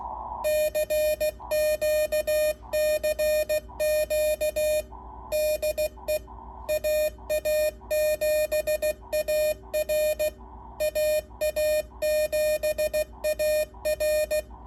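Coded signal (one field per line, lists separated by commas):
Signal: Morse code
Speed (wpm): 16 wpm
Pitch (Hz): 610 Hz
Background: none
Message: CQ CQ DE AA7AR AA7AR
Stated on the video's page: Morse CQ on 40 metres from a Hammertone Sierra rig fitted with a KC-1 keyer.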